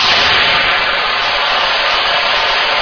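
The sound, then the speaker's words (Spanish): A power drill runs continuously, a loud, steady, hissing whir that holds an even pitch and volume for a few seconds without pausing. No one speaks. “Mira, con la taladradora y todo.”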